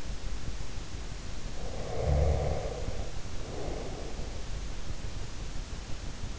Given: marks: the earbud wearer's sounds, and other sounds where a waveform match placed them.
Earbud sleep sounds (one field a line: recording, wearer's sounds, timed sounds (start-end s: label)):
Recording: sounds in sleep by an in-ear microphone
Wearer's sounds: breath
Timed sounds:
1.65-4.51 s: breath